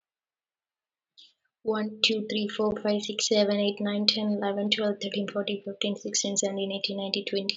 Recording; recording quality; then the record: counting at a fast pace; excellent, no background noise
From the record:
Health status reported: COVID-19 positive, moderate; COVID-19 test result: positive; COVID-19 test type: RT-PCR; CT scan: not taken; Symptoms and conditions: cold, breathing difficulty, sore throat, muscle pain, loss of smell and taste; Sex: female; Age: 22 years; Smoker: no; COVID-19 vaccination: both doses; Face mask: worn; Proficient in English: yes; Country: India